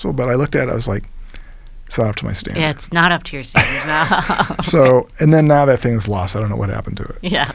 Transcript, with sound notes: But I looked at it, I was like, it's not up to my standard.
It's not up to your standard. [LAUTHER]
Then now that thing is lost. I don't know what happened to it.